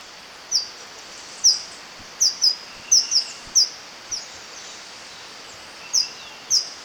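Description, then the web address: Bird chirps: short, sharp, very high notes given singly or in quick pairs at uneven intervals over a steady background hiss. Ecuador. "Natures Songs S America Birds of Ecuador"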